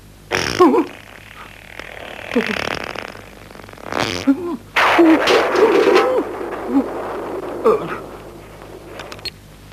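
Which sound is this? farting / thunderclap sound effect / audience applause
farting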